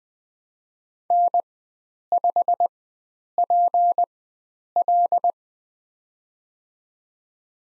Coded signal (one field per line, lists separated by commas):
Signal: Morse code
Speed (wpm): 20 wpm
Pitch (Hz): 700 Hz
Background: none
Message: N5PL